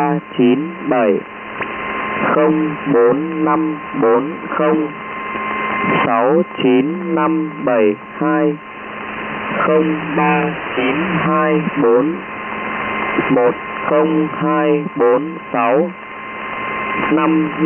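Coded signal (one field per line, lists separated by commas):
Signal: numbers station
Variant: V30, Vietnamese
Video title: Numbers Station, Vietnamese, V30, 10255 kHz, USB Mode, December 23, 2013, 1559 UTC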